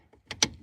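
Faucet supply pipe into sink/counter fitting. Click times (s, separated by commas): 0.3 s, 0.4 s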